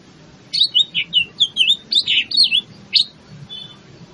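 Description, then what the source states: Greater green leafbird song: a quick string of loud, looping whistled notes, each briefly slurred up and down, then one final sharp note. Bird in full song, described as gacor.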